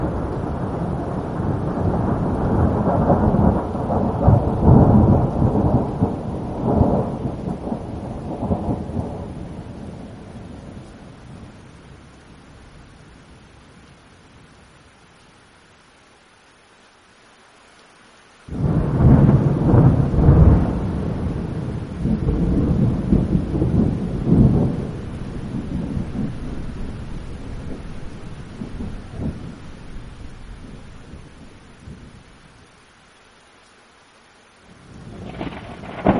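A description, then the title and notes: Deep, heavy thunder rumbles roll in waves, fading to near silence around fifteen seconds, then crashing back at nineteen and again at the end. Heavy Thunderstorm Sounds _ Thunder & Lightning _ Relaxing Rain.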